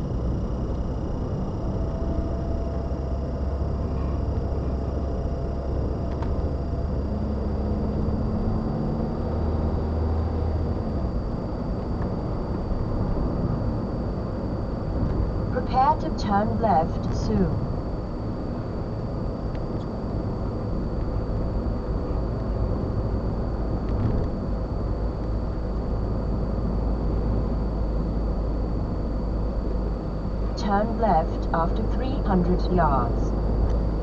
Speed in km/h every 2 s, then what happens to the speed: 53, 52, 53, 58, 61, 63, 63, 63, 60, 60, 60, 60, 58, 56, 55, 56, 58.
4-9 speeds up to 63.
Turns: none.